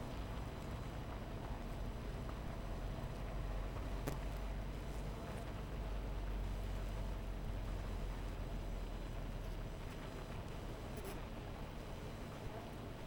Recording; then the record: honeybee colony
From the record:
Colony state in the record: missing queen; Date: 14 July 2017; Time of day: 12:21